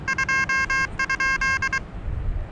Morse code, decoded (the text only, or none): 2?